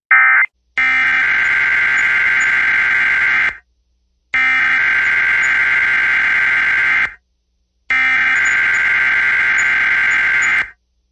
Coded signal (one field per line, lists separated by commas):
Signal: Emergency Alert System (SAME) tones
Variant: header bursts